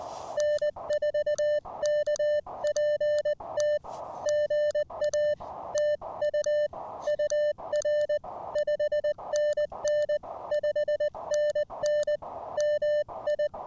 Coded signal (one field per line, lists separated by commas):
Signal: Morse code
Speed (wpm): 21 wpm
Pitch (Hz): 610 Hz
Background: music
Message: N4KPT GA TU UR 5NN 5NN MI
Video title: New-To-Me Elecraft K1 And A New Prototype Paddle! A CW POTA Activation.